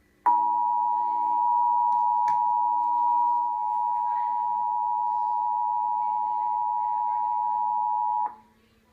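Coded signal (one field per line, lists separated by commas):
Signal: Emergency Alert System (SAME) tones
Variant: 853 and 960 Hz attention tone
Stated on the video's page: Tornado warning SAME tones on television.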